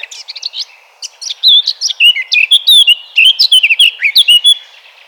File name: Sylvia atricapilla 180115